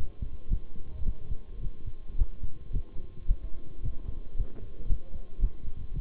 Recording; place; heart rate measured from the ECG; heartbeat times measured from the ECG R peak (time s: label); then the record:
heart sounds by stethoscope; between the tricuspid and mitral areas; 110 bpm
0.50 s: heartbeat
1.05 s: heartbeat
1.61 s: heartbeat
2.18 s: heartbeat
2.73 s: heartbeat
3.28 s: heartbeat
3.82 s: heartbeat
4.36 s: heartbeat
4.89 s: heartbeat
5.41 s: heartbeat
5.93 s: heartbeat
From the record:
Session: bicycle stress test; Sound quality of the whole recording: good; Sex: male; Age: 23 years